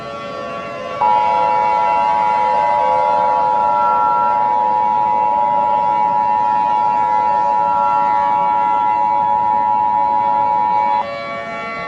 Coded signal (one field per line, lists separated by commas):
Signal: Emergency Alert System (SAME) tones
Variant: 853 and 960 Hz attention tone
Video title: EAS Scenario: Valentine’s Day Virus